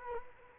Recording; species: mosquito wingbeat signal from an infrared sensor; Culex quinquefasciatus